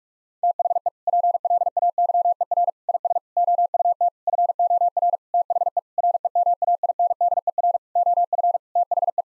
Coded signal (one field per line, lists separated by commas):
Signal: Morse code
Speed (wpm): 46 wpm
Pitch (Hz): 700 Hz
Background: none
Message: THE PLAYER IS OUT FOR THE REMAINDER OF THE